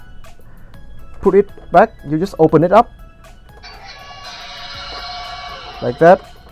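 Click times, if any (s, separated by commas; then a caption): none. Someone talks over background music while handling the face mask of a Killerbody X Hasbro Transformers Bumblebee electronic transforming toy helmet, with the power on, as it moves toward the helmet's locking mechanism. A steady buzzing, whirring sound runs from about 3.6 to 5.9 s. The clip ends before the mask goes home, so nothing has seated or locked yet.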